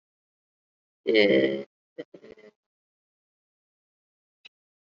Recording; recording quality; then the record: sustained vowel as in made; moderate, slight background noise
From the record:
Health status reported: COVID-19 positive, moderate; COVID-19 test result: positive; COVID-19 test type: RT-PCR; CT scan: not taken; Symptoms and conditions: cough, cold, breathing difficulty, sore throat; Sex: female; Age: 51 years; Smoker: no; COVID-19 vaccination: both doses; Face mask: worn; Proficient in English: yes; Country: India